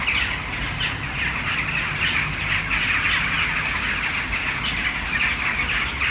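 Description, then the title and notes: Many western jackdaws chattering together, short harsh 'tchak' calls packed tightly and continuously, over a constant low hum of traffic. A flock of many western jackdaws in a tree in the city centre of Brno, Czech Republic, recorded at sunset. "Brno-střed-Brno-město, Česko - Western jackdaws at sunset. A tree full of jackdaws in the city center of Brno"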